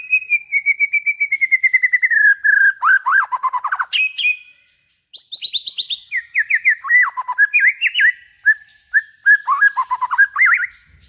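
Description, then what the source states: White-rumped shama song beginning with a rapid string of repeated whistles gently descending, then a pause and varied rising and falling whistled phrases. Used as a lure for trapping.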